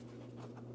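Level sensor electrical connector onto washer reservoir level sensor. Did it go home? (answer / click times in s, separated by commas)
no / none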